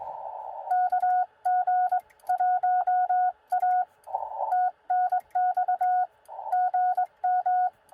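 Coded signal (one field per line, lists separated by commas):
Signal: Morse code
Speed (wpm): 21 wpm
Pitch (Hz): 720 Hz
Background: none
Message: KG1A TNX GM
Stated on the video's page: Sent with a bug on a QRP POTA park activation using a ham stick antenna and battery power.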